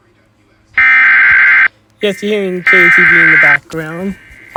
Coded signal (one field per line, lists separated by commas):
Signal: Emergency Alert System (SAME) tones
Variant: header bursts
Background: speech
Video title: Fail FFW for Iowa (EAS not counted read the description)